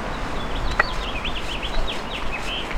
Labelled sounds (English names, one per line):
House Finch song